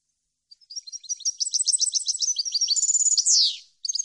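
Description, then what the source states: European goldfinch song as a fast, continuous stream of high, tinkling twitters that builds and ends in a downward buzzy slur, then restarts briefly; no other sounds. Clean goldfinch song, meant for birds to copy in song training.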